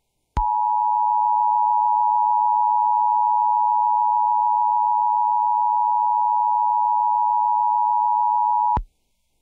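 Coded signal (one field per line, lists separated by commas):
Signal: Emergency Alert System (SAME) tones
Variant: 853 and 960 Hz attention tone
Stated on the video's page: Severe thunderstorm warning on WXRY-FM 99.3, recorded by filming a screen.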